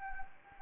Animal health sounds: mosquito wingbeat signal from an infrared sensor; Anopheles gambiae

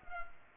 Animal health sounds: mosquito wingbeat signal from an infrared sensor; Culex pipiens

